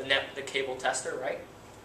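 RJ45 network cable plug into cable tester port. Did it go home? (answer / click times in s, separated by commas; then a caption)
no / none. Someone talks while one end of a Cat 5 network cable's RJ45 plug is handled at a cable tester port, about to be pushed in. Nothing has seated or clicked yet.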